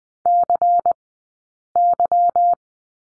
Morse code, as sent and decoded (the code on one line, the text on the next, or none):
-.-. -.--
CY